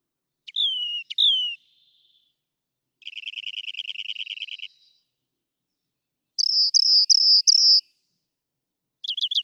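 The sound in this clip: Rock wren singing distinct phrase types: two slurred downward whistles, a fast even trill of many notes, then four loud repeated high notes.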